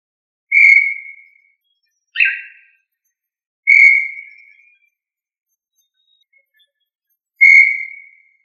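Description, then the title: Tinamou whistles: clear, pure notes repeated irregularly, with one short buzzy, harsher note between them; no other sounds. "Familia Tinamidae - Quail - Puyuh"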